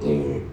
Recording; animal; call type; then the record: contact call of a hoofed animal; pig; closed-mouth grunt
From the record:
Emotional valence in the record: negative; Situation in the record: short social isolation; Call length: 0.53 s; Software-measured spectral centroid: 1100 Hz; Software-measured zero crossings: 730 a second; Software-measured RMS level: -24 dBFS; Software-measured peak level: -11 dBFS